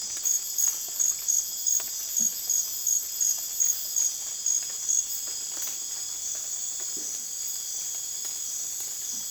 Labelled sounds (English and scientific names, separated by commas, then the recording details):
none
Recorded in dense forest near Puerto Asís, Putumayo, Colombia, on 25 June 2025 at 02:00
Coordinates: 0.484, -76.325
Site H65